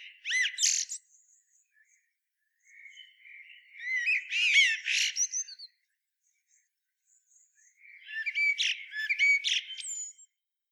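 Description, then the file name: Common blackbird giving high, twittering warbled phrases in three bursts with pauses between, squeaky notes and rapid chatter, with no other sounds clearly heard. "Turdus merula"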